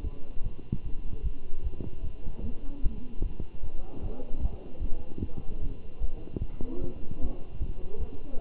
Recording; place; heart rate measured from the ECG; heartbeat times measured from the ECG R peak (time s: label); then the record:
heart sounds by stethoscope; between the tricuspid and mitral areas; 151 bpm
0.03 s: heartbeat
0.44 s: heartbeat
0.84 s: heartbeat
1.23 s: heartbeat
1.63 s: heartbeat
2.03 s: heartbeat
2.43 s: heartbeat
2.82 s: heartbeat
3.22 s: heartbeat
3.62 s: heartbeat
4.02 s: heartbeat
4.41 s: heartbeat
4.81 s: heartbeat
5.21 s: heartbeat
5.61 s: heartbeat
6.00 s: heartbeat
6.40 s: heartbeat
6.81 s: heartbeat
7.21 s: heartbeat
7.60 s: heartbeat
8.00 s: heartbeat
8.40 s: heartbeat
From the record:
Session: Bruce protocol treadmill stress test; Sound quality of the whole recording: good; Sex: male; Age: 23 years